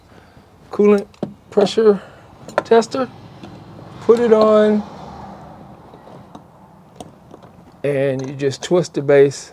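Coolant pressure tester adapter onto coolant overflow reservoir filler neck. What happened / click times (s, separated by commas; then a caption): The tester adapter is set on the reservoir neck without a locking click / none. Someone talks while placing a coolant pressure tester adapter onto the coolant overflow reservoir filler neck of a Jaguar XJL, positioning it before twisting the base to lock it. Between the speech, faint short taps of handling are heard around 6.3, 7.0 and 7.3 seconds. Nothing has seated or clicked yet.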